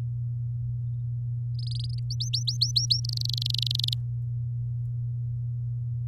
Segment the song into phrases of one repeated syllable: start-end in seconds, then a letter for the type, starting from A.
1.59-1.99 A, 2.10-3.00 B, 3.04-3.93 C